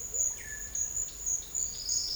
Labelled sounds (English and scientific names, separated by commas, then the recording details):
none
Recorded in secondary vegetation near Puerto Asís, Putumayo, Colombia, on 12 March 2025 at 12:30
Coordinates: 0.488, -76.319
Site G095